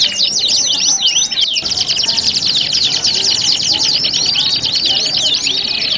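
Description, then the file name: Canary song in a dense chorus, many high trills and rapid sweeping notes overlapping continuously, with a brief low thump near the start. Standard canary; audio simulating a singing contest. "audio simulasi lomba kenari standar. omkicau"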